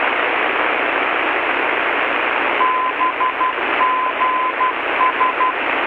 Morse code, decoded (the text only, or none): BGS